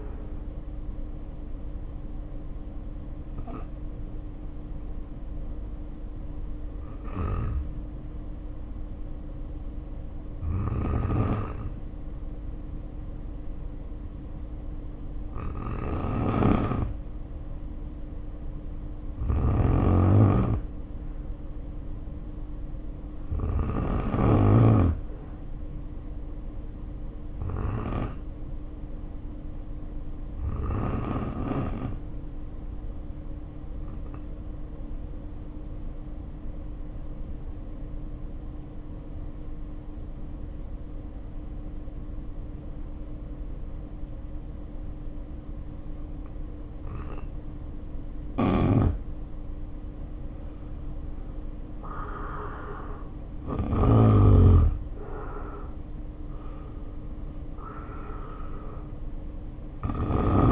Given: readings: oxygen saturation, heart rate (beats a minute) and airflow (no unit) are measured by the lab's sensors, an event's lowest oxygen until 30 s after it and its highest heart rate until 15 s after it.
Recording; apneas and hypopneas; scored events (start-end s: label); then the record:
breathing in sleep by a smartphone at the bedside; 1
4.00-49.80 s: hypopnea (N1, oxygen 93% highest, then 78% lowest, heart rate 51 at the start, 62 highest)
29.00-60.52 s: new sleep stage, N2 (light sleep)
From the record:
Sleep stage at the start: N1 (lightest sleep); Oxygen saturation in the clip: 74 to 93%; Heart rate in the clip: 50 to 62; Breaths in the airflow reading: 16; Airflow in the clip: -2.1 to 2.7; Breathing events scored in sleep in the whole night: 520 in 7.2 hours asleep